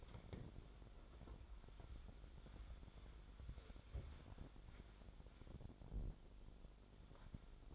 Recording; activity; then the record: daily activity, microphone in the room; wipe stove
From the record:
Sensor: 5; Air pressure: 1007.2 hPa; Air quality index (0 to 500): 173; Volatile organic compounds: 4 ppm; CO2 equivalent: 1657 ppm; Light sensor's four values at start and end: 52/145/57/57 and 53/145/58/58